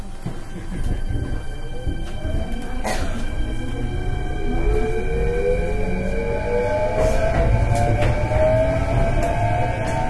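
Running sound of a 5820 series train on an express run: a steady, dense low rumble with a motor whine that glides slowly upward, as if accelerating. Several high steady tones hang above, and sharp rail clicks and thumps land every second or two.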